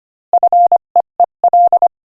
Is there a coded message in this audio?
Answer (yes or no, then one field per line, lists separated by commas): yes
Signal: Morse code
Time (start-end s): 0.3-1.9 s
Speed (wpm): 25 wpm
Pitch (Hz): 700 Hz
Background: none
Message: FEEL